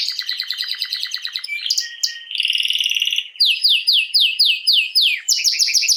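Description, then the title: Canary song: rapid rattling trills, a brief buzzy roll, then loud repeated downslurred notes in quick series. Belgian canary named Raiden, male singing a lot; used to warm up young birds. "Esquente Seu Filhote E Canario Belga Em 30 Minutos Macho Cantando Muito. Canrio Belga RAIDEN Cantando Muito - Esquente seu Canrio Belga"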